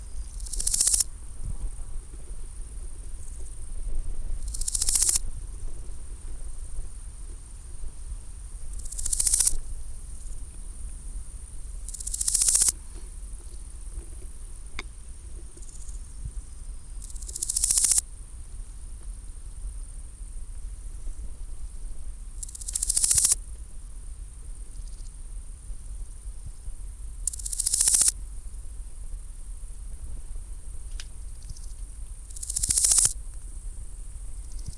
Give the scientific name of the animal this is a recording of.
Chrysochraon dispar